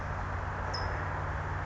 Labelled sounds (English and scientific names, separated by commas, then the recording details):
California Towhee (Melozone crissalis)
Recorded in Sonoma County, California